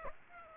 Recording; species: mosquito wingbeat signal from an infrared sensor; Aedes aegypti